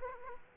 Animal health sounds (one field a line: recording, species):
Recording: mosquito wingbeat signal from an infrared sensor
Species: Aedes aegypti